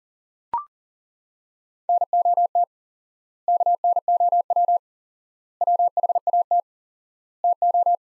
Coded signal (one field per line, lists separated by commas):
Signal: Morse code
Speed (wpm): 37 wpm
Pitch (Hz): 700 Hz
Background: none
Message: NOT KNOW WHAT TO